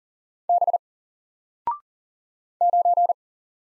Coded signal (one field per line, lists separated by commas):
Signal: Morse code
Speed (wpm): 40 wpm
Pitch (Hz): 700 Hz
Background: none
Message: B 9